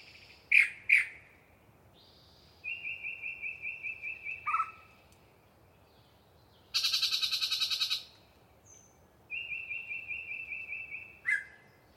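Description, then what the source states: Yellow-breasted chat song: two sharp notes, a fast even string of whistles with a dropping note, a harsh rattling burst, then another whistled string. Very talkative bird singing a long pre-dawn soliloquy in deciduous cover.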